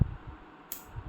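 A garden hose quick-connect coupling is pushed onto the inlet fitting of a DYLECT pressure washer, and it clicks in at 0.7 s. The sharp, bright click stands out against a quiet, low hum, and the coupling is seated.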